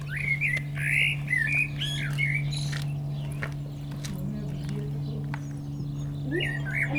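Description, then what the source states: Common blackbird song, a few fluting phrases early and a short one at the end, over a loud steady low drone. Perched atop a tree singing in Châtillon village, Chindrieux, France; light aircraft passing; Zoom H4n Pro set vertically on the ground, preamp level 100.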